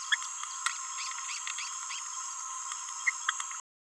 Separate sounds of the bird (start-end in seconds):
3.07-3.10